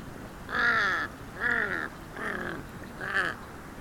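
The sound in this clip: Kaka giving four hoarse, nasal calls, the later ones slightly quieter.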